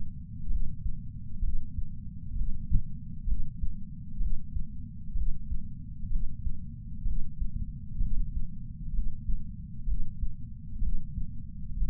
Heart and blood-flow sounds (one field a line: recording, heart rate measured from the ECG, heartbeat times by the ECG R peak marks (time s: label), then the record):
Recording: heart sounds by patch sensor on the chest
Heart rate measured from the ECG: 64 bpm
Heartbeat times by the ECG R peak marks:
0.48 s: heartbeat
1.40 s: heartbeat
2.34 s: heartbeat
3.25 s: heartbeat
4.18 s: heartbeat
5.14 s: heartbeat
6.09 s: heartbeat
7.04 s: heartbeat
7.98 s: heartbeat
8.92 s: heartbeat
9.85 s: heartbeat
10.80 s: heartbeat
11.75 s: heartbeat
From the record:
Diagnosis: coronary artery disease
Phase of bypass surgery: preoperative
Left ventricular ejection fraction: 47%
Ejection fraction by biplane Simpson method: 47.3%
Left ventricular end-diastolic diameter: 51 mm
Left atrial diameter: 32 mm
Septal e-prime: 4.7 cm/s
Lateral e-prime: 7 cm/s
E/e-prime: 9.1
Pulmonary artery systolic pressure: 21 mmHg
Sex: male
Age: 60 years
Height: 174 cm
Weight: 72 kg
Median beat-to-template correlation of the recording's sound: 0.91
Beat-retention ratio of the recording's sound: 0.98